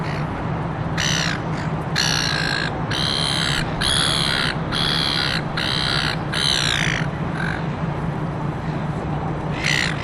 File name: zapsplat. city darling harbour sydney distant city hum pedestrians seagulls australia